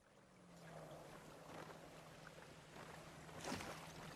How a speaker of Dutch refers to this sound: Ik hoor de golven tegen de zijkant van de boot aanslaan.